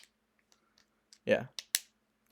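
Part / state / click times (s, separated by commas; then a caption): swappable part into action figure socket / seated / 1.8 s. A plastic swappable accessory is pushed into the peg socket of a Jada Toys M. Bison action figure, with faint small clicks at first and someone talking briefly. A sharp snap at 1.8 s marks the part seating into place, the sound you want to hear.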